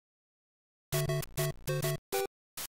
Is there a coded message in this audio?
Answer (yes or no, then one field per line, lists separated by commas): no